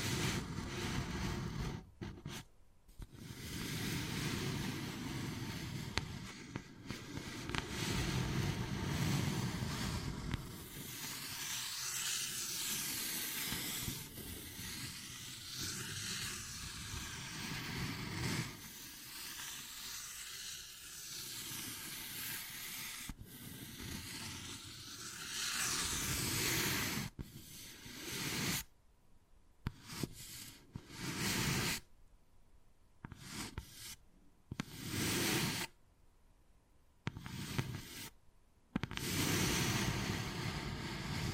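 Wood carving, with dense, rough scratching and scraping that runs almost continuously for the first half. After about 27 seconds the sound breaks into short bursts separated by brief silences, like repeated strokes and taps, with a faint steady hiss underneath.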